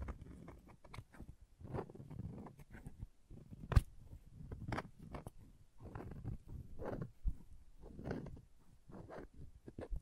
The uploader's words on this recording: ASMR Sleepy Crayons Tapping, Carving, Cutting, Drawing Sounds (No Talking).